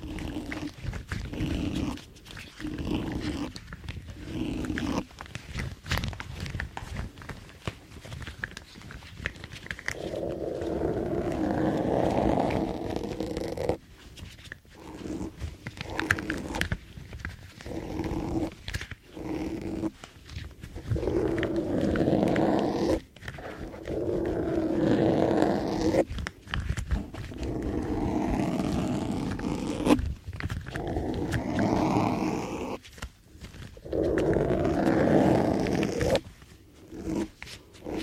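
Rubber and latex gloves rub and squeak in dense, uneven bursts, with louder sustained stretches around 10–13, 25–28 and 34–36 seconds.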